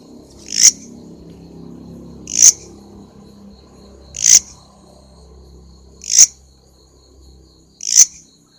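Grasshopper rasping, five brief scratchy bursts roughly every two seconds, with a thin continuous high tone and a low background rumble.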